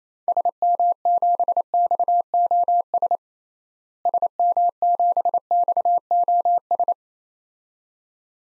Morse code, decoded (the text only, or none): SM7XOS SM7XOS